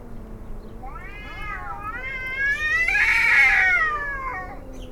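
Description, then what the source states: Cat yowling in a long, wavering howl that climbs through several rising pulses to a loud, strained peak, then trails off into a lower moan. Field recording of several cats howling, May 2018.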